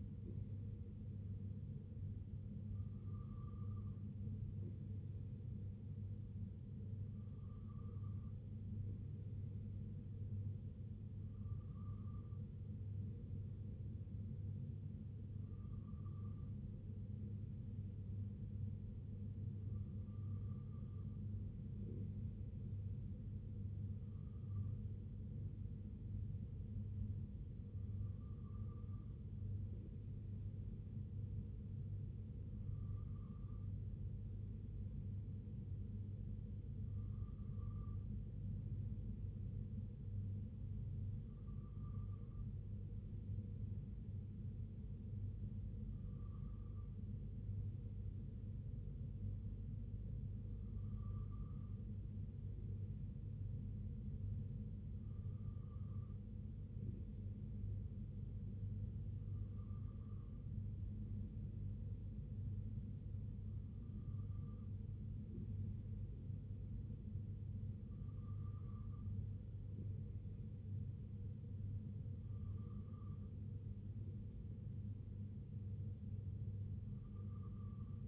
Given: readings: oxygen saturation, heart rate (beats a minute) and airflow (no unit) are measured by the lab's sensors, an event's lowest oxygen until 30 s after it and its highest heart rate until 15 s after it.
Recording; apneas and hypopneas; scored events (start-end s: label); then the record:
breathing in sleep by a smartphone at the bedside; none
56.00-78.08 s: new sleep stage, N3 (deep sleep)
From the record:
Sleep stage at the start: N2 (light sleep); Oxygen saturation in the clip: 94 to 95%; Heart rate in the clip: 60 to 66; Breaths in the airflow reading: 17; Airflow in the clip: -3.0 to 2.3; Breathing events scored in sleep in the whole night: 258 in 7.4 hours asleep